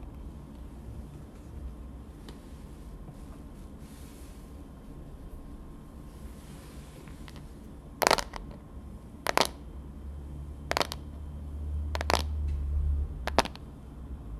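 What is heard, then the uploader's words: Tapping on dark things: after about eight seconds of low, steady rumble, sharp taps arrive at 8, 9.5, 11, 12 and 13.5 seconds, each crisp and bright. A low hum swells under the later taps, then fades near the end. ASMR TAPPING on Dark things 黒いものにタッピング.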